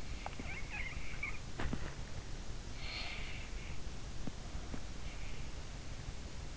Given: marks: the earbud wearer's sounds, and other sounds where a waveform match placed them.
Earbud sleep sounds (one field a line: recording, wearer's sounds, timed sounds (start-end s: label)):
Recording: sounds in sleep by an in-ear microphone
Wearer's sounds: snoring breath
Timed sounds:
0.00-2.09 s: snoring breath
2.72-4.96 s: snoring breath